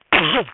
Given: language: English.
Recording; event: throat vibration sensor signal played as sound; cough